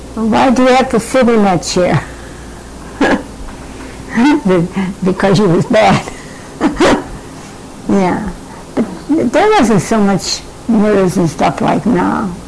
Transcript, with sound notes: "Why do you have to sit in that chair?" (laughing) Because you was bad. (laughing) Yeah, but there wasn't so much murders and stuff like now.